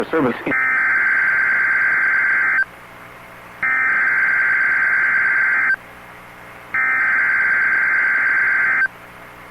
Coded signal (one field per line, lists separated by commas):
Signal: Emergency Alert System (SAME) tones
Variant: header bursts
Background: speech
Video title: [EAS] FLASH FLOOD EMERGENCY for Memphis, TN! (April 5, 2025)